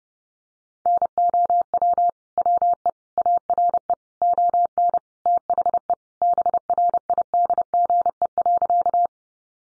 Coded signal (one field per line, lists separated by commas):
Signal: Morse code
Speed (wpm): 30 wpm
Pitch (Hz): 700 Hz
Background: none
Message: NOW WE ARE ON THE BRIDGE.